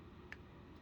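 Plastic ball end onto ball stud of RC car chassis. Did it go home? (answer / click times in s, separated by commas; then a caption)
partly / 0.3 s. A plastic ball end is pressed onto a ball stud on a Tamiya TT02D RC car chassis. It gives a single light snap at 0.3 s, a brief sharp peak above a steady low background. The ball end is only partly on and not fully seated.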